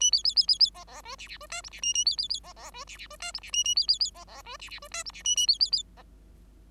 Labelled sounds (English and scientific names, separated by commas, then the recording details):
Bengalese Finch (Lonchura striata domestica) song
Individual Bird5